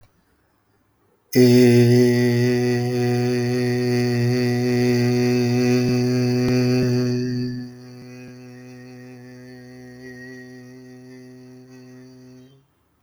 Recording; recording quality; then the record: sustained vowel as in made; excellent, no background noise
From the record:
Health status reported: healthy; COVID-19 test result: negative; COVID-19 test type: RT-PCR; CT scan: not taken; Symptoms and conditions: none ticked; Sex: male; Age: 33 years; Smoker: no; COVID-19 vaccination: one dose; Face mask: not worn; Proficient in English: yes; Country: India